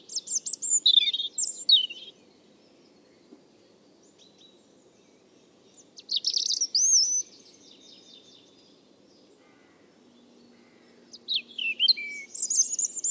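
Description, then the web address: European robin song in three separate phrases of high, thin, warbled whistles and trills, with several seconds of quiet between them. "Deverinetal 2025 File origin Bird Only Er Ru"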